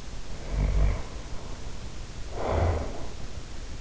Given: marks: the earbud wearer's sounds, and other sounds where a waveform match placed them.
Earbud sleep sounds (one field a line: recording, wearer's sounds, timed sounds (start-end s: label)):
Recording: sounds in sleep by an in-ear microphone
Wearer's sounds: snoring breath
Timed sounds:
0.24-3.13 s: snoring breath